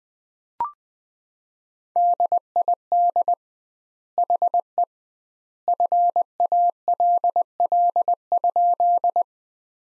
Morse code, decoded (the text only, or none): DID HE FALL?